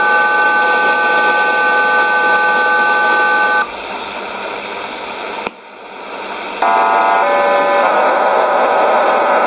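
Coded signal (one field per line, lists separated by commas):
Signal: numbers station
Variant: HM01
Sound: chord of steady tones, brief static, then warbling multi-tone digital data bursts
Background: radio static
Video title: 24 10 2019 HM01 Cuban Spy Numbers station in Spanish 0547 on 11462 Bejucal, instead of 9330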